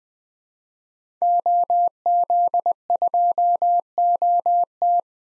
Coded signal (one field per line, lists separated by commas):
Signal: Morse code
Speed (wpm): 20 wpm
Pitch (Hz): 700 Hz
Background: none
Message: OZ2OT